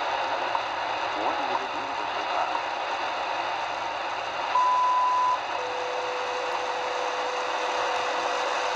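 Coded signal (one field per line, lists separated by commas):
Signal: radio time signal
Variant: WWV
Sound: hissy shortwave static, a short high beep, then a steady lower hum-like tone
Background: radio static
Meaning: The 0.8-second 1000 Hz tone marks the start of a new minute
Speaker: nice reception of WWV on three frequencies try 25 but see it's propagation is not there for 25 megahertz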